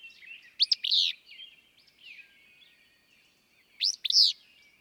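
Willow flycatcher gives a sneezy, buzzy two-note phrase, then repeats it about three seconds later, with a constant background of other small birds twittering.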